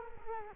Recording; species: mosquito wingbeat signal from an infrared sensor; Culex quinquefasciatus